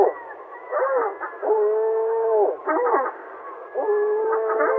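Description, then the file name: Gull calls, long steady nasal wails interspersed with quick clipped yelps, forming a continuous mewing sequence. "CHajka morskaja"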